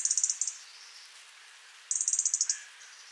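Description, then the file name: European robin ticking calls: two rapid, high-pitched bursts of dry clicks, each lasting about half a second, separated by a pause of over a second. "Erithacus rubecula"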